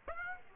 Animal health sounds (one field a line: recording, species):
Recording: mosquito wingbeat signal from an infrared sensor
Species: Aedes aegypti